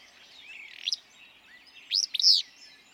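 Willow flycatcher song: a short sneezy, burry phrase of quick high notes near the end, after a brief softer note earlier, over chattering background birds.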